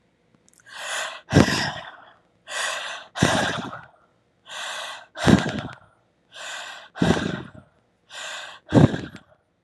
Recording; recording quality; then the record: deep breathing; excellent, no background noise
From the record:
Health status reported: respiratory illness, not identified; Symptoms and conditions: asthma, hypertension, diabetes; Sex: male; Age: 59 years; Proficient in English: yes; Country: United States